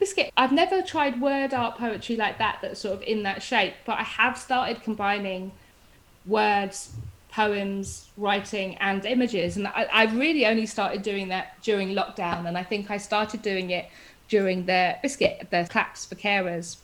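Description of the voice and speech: A 40-year-old woman with Tourette's syndrome speaks in fluent conversational speech, with an out-of-place word, 'biscuit', dropped mid-sentence: an involuntary vocal tic.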